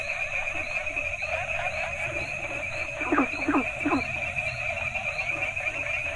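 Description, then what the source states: Frogs croaking, a run of three louder downward croaks in the middle, softer croaks scattered around, over a steady high-pitched trill. Several frog species calling together in Asia; chorus soundscape.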